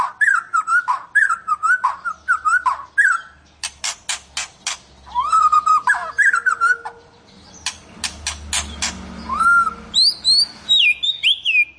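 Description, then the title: White-rumped shama song: repeated warbled whistles, sharp clicking rattles, then rising and falling fluty notes climbing to high pitch near the end. "Kicau Murai Batu"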